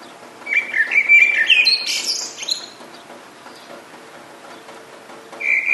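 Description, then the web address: Bird song with a run of quick warbling notes and a high burst around two seconds, then a pause over a constant rain-like hiss, and another phrase at the end. "sonido de pajaros cantando bajo la lluvia"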